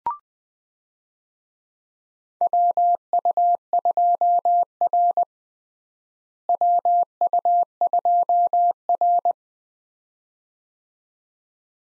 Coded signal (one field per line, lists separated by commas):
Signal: Morse code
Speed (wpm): 20 wpm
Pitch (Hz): 700 Hz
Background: none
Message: WU2R WU2R